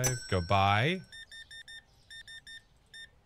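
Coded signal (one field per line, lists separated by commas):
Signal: none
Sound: cash register game beeps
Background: speech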